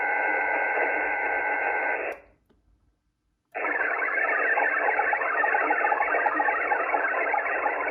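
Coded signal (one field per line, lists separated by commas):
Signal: HF data modem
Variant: VARA HF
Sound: dense hissing data bursts with a brief silent gap between transmissions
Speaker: there we go email received and you can see the subject test from gmail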